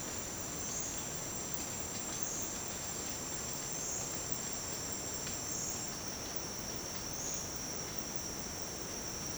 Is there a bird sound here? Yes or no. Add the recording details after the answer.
no. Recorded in dense forest near Puerto Asís, Putumayo, Colombia, on 19 June 2025 at 09:00. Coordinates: 0.484, -76.317. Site G045